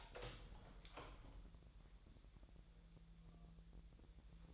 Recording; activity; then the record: daily activity, microphone in the room; open door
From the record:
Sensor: 3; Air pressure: 1001.3 hPa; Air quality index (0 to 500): 249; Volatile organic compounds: 156 ppm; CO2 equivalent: 4049 ppm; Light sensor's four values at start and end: 8/19/7/7 and 8/19/7/7